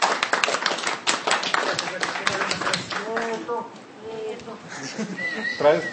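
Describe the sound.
A crowd bursts into steady, dense applause, many hands clapping at once; after a few seconds the clapping thins out as whoops and voices rise over it.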